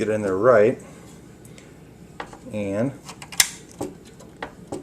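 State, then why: Seated. A 72-pin SIMM memory module is pushed into its motherboard SIMM socket at an angle and tilted upright until the socket clips catch it. Someone talks, then several small plastic ticks are followed by a sharp, loud click at 3.4 seconds as the module snaps into place and is seated.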